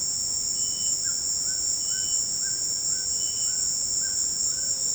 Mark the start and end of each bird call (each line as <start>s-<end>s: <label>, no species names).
1.03s-4.72s: bird call